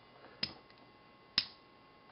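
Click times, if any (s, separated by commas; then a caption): 0.4 s, 0.7 s, 1.4 s. A folding plastic section of a Transformers Generations Legends Class Swerve & Flanker action figure is pushed back into position on its ratcheting joint during transformation. Three sharp plastic clicks sound at 0.4, 0.7 and 1.4 seconds, with the first and last loud and the middle one faint. The joint ratchets into place and is seated.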